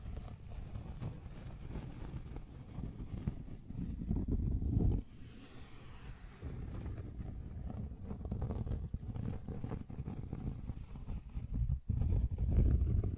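Scratching and tracing sounds form a dense, low, rumbling scrape that rises and falls continuously. The rubbing briefly drops away near five seconds, leaving a softer hiss until about seven seconds, then returns. A short break near twelve seconds precedes a final stronger stretch.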